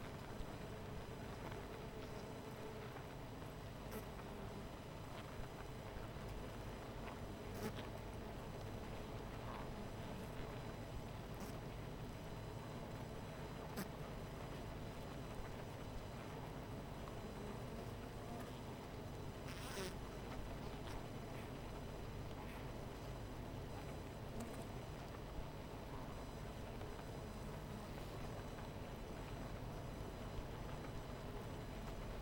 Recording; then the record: honeybee colony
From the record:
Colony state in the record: missing queen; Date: 14 July 2017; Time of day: 12:32